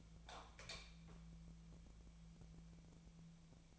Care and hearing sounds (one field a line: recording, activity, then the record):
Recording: daily activity, microphone in the room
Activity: light on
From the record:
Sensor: 1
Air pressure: 1000.0 hPa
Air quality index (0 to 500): 130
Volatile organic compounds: 2 ppm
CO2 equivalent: 1234 ppm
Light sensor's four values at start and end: 32/82/34/42 and 36/97/39/47